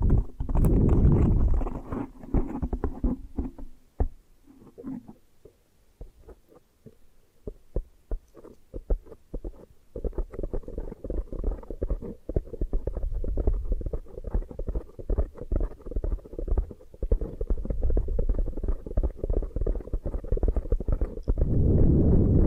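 Hair washing and massage sounds: soft, low rubbing and squishing with dense, quick crackly clicks of fingers working through wet hair. A louder wash opens the clip, it thins to sparse ticks around five to ten seconds, then steady scrubbing resumes and swells at the end.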